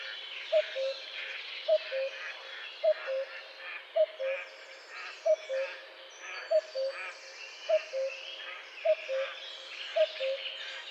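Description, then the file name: Common cuckoo giving a steady series of nine falling two-note cu-coo calls, about one each second, with other birds chirping faintly behind. "Coucou gris"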